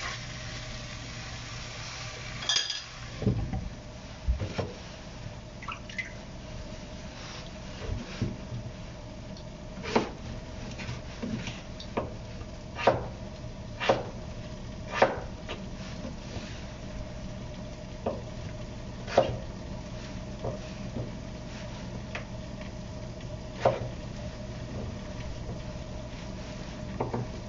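Vegetables being chopped while making curry: sharp knife strikes land on a board at irregular intervals, roughly one or two every couple of seconds, with a busier cluster around the third second. A steady low hum runs underneath throughout.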